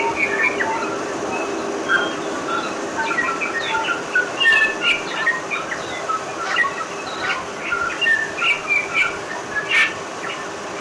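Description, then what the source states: Bellbird song of ringing, bell-like notes and quick chirps, delivered in loose repeated phrases over a constant low hum. Three Kings Islands population of bellbird.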